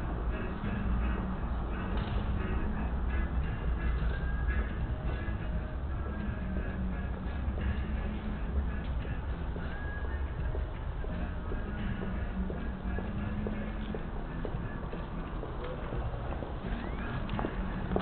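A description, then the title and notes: Under a city rail bridge, music plays amid a dense, steady crowd murmur, with a deep low rumble running throughout. Footsteps click sharply and often, some like hard heels on pavement, over a constant busy hum. Unter der Stadtbahnbrücke. Hip music attempts to attract would-be customers, some with high heels, to enjoy a warm meal beneath the punctuating thunder of rails.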